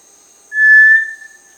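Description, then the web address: Cinereous Tinamou giving a single clear, steady whistle lasting about half a second, fading at the end, over a constant high hum. Recorded in Peru. "Birds of the Amazon 1. Cinereous Tinamou (Crypturellus cinereus), Peru"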